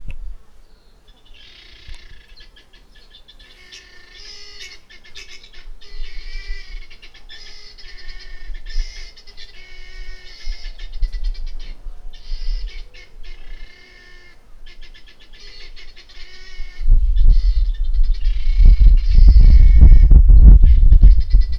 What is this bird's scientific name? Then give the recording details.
Numida meleagris. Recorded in northern Uganda